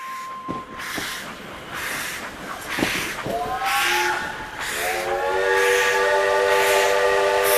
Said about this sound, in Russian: Он начался резким гудком паровоза, таким неожиданным, что я даже испугался. Суета на вокзале. На перроне полно народа.